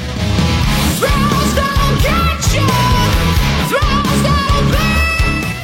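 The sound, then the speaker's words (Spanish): Loud, dense heavy metal plays throughout, with pounding drums and distorted guitars under high, sustained screamed vocals that rise and slide between notes. “Tóquense a gusto, tóquense contenta con estos grititos heavy metal”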